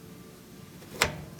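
The second side of the plastic control console on a Kenmore top-load washer is pushed down, and its clip snaps into the cabinet with a sharp, bright click at 1.0 s over a quiet low background. The console clip is seated.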